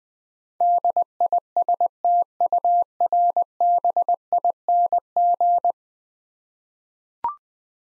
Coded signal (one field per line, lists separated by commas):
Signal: Morse code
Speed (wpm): 21 wpm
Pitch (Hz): 700 Hz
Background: none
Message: DISTURBING